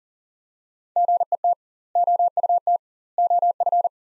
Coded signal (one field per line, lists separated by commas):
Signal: Morse code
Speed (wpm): 39 wpm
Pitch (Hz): 700 Hz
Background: none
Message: GET OUT OF